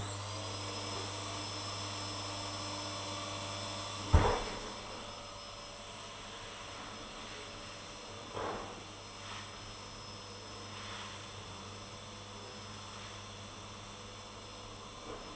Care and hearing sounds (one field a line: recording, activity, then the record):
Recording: daily activity, microphone in the room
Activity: vacuum cleaning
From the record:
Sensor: 4